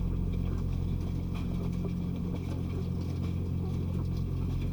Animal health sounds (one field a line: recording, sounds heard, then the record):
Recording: poultry house recording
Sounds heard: sick chickens (respiratory disease)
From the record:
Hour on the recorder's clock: 20